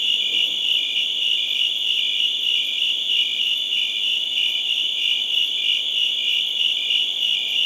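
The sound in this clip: Crickets give quick, pulsing high chirps repeated rapidly and steadily, a constant shrill sound.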